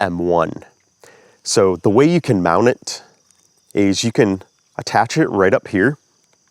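Someone talks while handling a Sony ECM-M1 shotgun-style microphone, bringing its foot up to the metal hot shoe on top of a Sony ZV-E1 camera body to mount it. The clip ends before the foot goes home, so nothing has seated or clicked into place yet.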